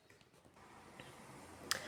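A plastic lock washer is pressed onto the shank of a plastic safety eye through a crocheted amigurumi piece. Faint ticks sound early on, then a small tap at 1.0 s. A sharp snap at 1.7 s marks the washer locking in place, seated.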